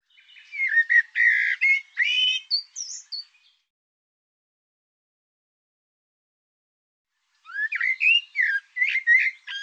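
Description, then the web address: Bird song in two energetic bouts of chattering, warbled notes with high slurred whistles, separated by several seconds of silence. Sound labelled "Tu Me Tu Me". "cianscape birddata Deverinetal 2025 Bird Tu Me Tu Me"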